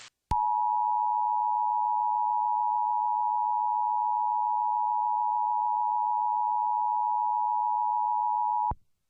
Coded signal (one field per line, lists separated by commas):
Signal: Emergency Alert System (SAME) tones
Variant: 853 and 960 Hz attention tone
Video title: Classic EAS Mock Scenario - Illinois/Indiana - 9/27/09